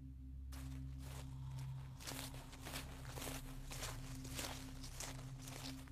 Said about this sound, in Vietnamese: đằng sau lưng của Chiến có tiếng bước chân chậm chậm đi đến